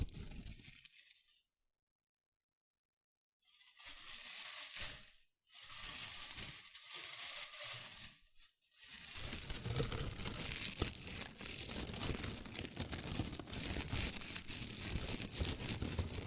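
Dry rustling and crinkling fill the clip, with a brittle, hissy crackle across the upper range. A silent gap follows the first second and a half, then the crinkling returns in bursts with brief dips near five and eight seconds before becoming continuous and denser to the end.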